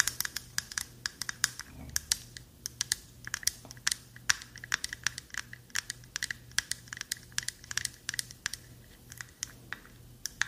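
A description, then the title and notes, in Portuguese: Quick, sharp tapping clicks arrive in a steady, fairly dense stream for the whole ten seconds, much like fingers on keys, some strokes louder and brighter than others. A low, constant hum sits underneath, with a brief muffled low sound near two seconds. ASMR com MUITO TAPPING! (No Talking). ASMR com apenas sons de tapping para você dormir.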